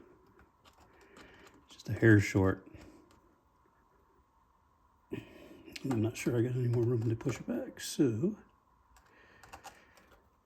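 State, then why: Not seated. A model railroad turnout is being pushed back by hand so its metal rail joiner slides onto the end of a flex track rail, with faint ticks of handling while someone talks. Nothing has seated or clicked yet.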